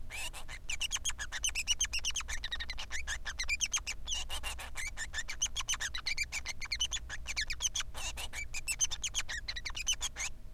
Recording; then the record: song of a male Bengalese finch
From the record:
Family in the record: son of father 3